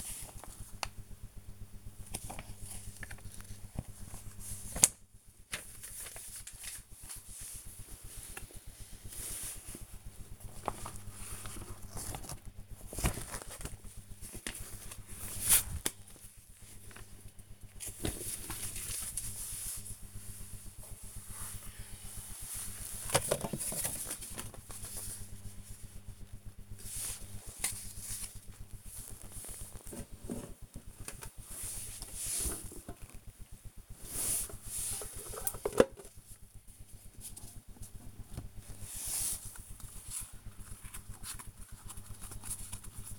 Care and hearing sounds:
household activities, microphone on the right wrist
0.00-43.19 s: sorting documents

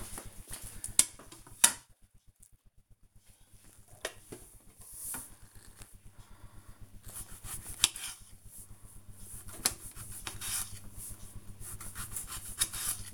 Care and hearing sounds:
household activities, microphone on the right wrist
4.59-13.14 s: cutting vegetables

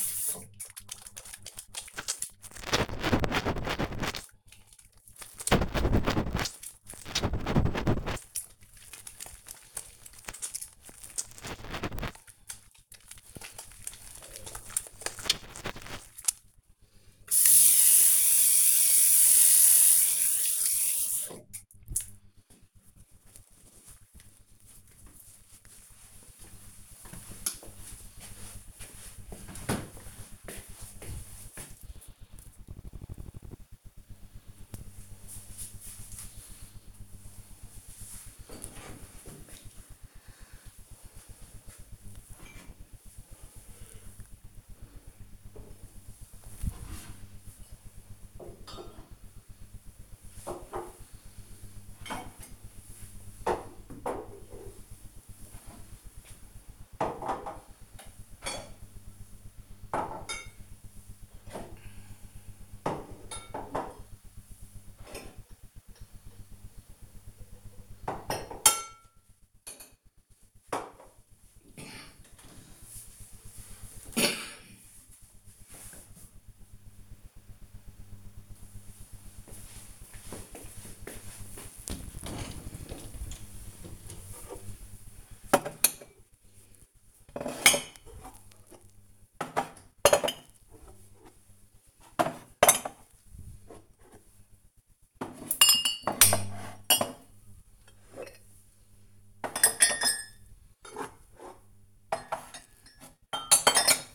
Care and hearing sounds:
household activities, microphone on the right wrist
0.00-17.92 s: washing hands
81.38-104.15 s: putting away the dishes

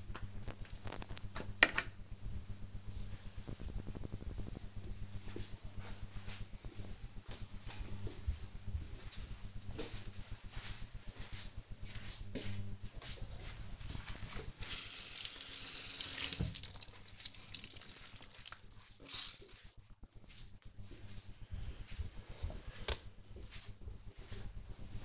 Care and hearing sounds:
household activities, microphone on the right wrist
12.61-25.05 s: cleaning table

